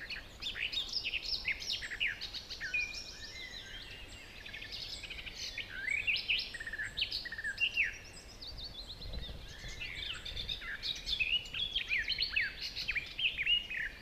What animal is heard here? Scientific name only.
Sylvia nisoria